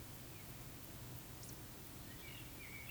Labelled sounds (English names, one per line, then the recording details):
Eurasian Woodcock whistle
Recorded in Baden-Württemberg, Germany, on 13 June 2021 at 19:46 UTC
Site 23718, 552 m above sea level